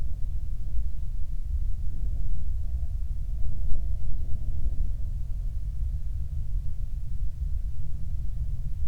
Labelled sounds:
wind
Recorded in the Prudhoe Bay oil fields, Alaska, on 8 July 2019 at 04:39
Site 25

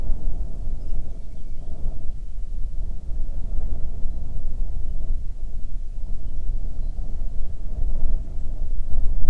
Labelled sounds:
songbird
wind
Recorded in the Prudhoe Bay oil fields, Alaska, on 9 June 2019 at 17:02
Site 21

